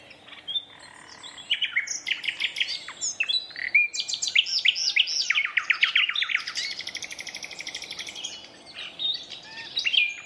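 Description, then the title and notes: Common nightingale singing loud varied phrases that build into a fast pulsing trill, then fade to quieter whistles before a final burst. Two competing males singing a duet at dusk in a dense thorn thicket, north Dorset countryside woodland. "Sound Escape: An astonishing nightingale duet in a Dorset woodland. north Dorset countryside. a single nightingale starts to sing. another male. a competitive duet. BBC Countryfile Magazine's Sound Escapes"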